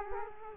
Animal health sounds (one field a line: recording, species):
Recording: mosquito wingbeat signal from an infrared sensor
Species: Culex quinquefasciatus